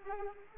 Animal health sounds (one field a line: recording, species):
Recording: mosquito wingbeat signal from an infrared sensor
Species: Anopheles arabiensis